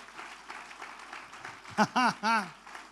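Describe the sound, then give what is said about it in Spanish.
An audience at a church service applauds in a steady, textured patter for standing church members from Minas del Prado, then three loud pitched shouts or cheers burst out in quick succession near the end, rising above the clapping. “Fuerte ese aplauso.”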